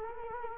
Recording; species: mosquito wingbeat signal from an infrared sensor; Culex quinquefasciatus